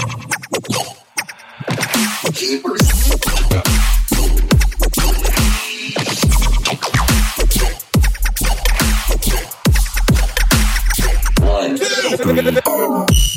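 Robot noises: a busy stream of clicks, chirps and sharp bursts, dense and rhythmic, with sweeping tones that slide up and down. A deep pulsing bass enters near three seconds and drives through most of the clip, dropping out briefly before a warbling, wobbly passage near the end.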